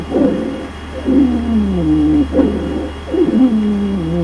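Musical, whistling tones slide downward in pitch, in about four bursts over four seconds, with almost no quiet between breaths, heard through a stethoscope over adult lungs. These are wheezes in both breathing in and breathing out, the most concerning pattern to EMS because they occur during the entire ventilatory phase.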